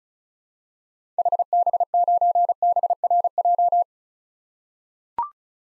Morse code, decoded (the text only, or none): HB9BRJ